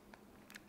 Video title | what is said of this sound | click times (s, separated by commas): GoPro Mod (for airsoft) | and that locks in place | 0.5 s, 0.6 s